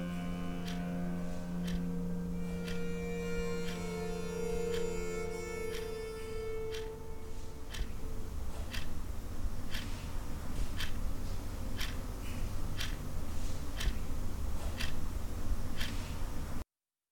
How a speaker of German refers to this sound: If you go to his house, or everywhere you go, there's a clock. In seinem Haus ist alles voller Uhren. Das Ticken kann einen regelrecht in den Wahnsinn treiben. Ticking at the same time.